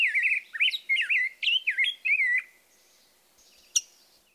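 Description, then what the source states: Rose-breasted Grosbeak gives a rich, melodious run of warbled, rising and falling phrases, then after a short pause one sharp, metallic chink note. Distinctive metallic chink call note interspersed with a melodious song.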